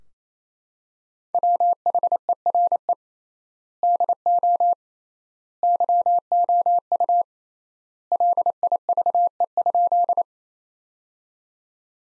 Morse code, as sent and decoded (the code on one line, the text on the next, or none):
.-- .... . .-. . / -.. --- / -.-- --- ..- / .-.. .. ...- . ..--..
WHERE DO YOU LIVE?